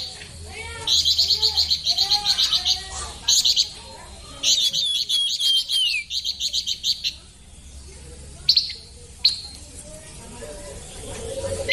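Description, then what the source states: Streaked spiderhunter song in several quick bursts of high chipping notes, separated by pauses, with a few isolated sharp calls between. Clear, long, lively song used as tutor material for training cage birds.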